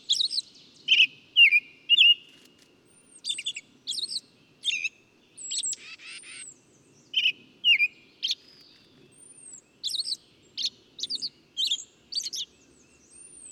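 Lively bird song made of chirps and slurred whistled notes. A short buzzy note sounds midway, and several thin high whistles come and go.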